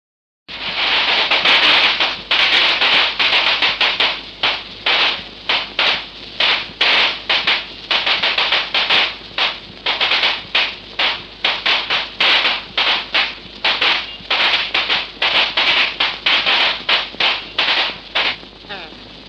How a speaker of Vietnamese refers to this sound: tiếng pháo nổ đàn trai đến.